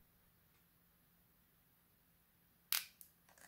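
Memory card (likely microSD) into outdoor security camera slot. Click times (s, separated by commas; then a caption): 2.7 s. A memory card, likely a microSD card, is pressed down into the slot of a YI Outdoor 1080p security camera. After near silence, a sharp, loud click comes at 2.7 s, followed by a fainter tick at 3.0 s and brief handling noise. The card seats with the click at 2.7 s.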